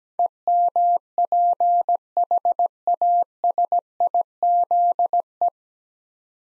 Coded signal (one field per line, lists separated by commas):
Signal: Morse code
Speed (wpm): 17 wpm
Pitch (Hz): 700 Hz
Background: none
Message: EMPHASIZE